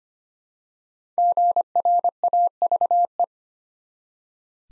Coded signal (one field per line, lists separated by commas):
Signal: Morse code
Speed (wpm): 26 wpm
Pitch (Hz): 700 Hz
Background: none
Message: GRAVE